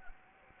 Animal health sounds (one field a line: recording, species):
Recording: mosquito wingbeat signal from an infrared sensor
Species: Anopheles gambiae